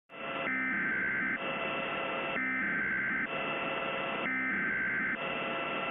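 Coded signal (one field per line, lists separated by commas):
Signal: Emergency Alert System (SAME) tones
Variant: header bursts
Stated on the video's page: Fictional EAS scenario in analog-horror style, made with macros.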